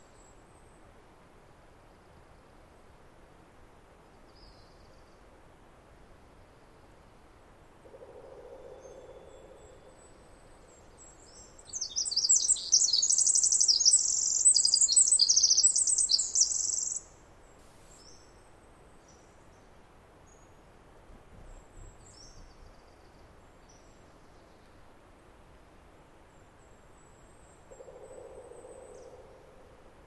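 A Pacific Wren sings one loud, rapid, very high tumbling trill for about five seconds mid-clip, over quiet hiss with two brief low hums.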